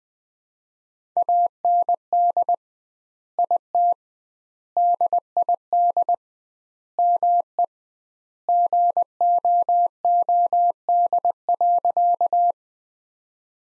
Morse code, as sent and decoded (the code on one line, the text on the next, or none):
.- -. -.. / .. - / -.. .. -.. / -- . / --. --- --- -.. .-.-.-
AND IT DID ME GOOD.